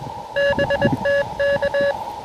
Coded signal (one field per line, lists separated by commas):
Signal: Morse code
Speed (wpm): 23 wpm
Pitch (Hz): 590 Hz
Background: none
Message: BTK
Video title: Cap Tourmente: Can I Complete a QRP CW POTA Activation Before the Park Closes?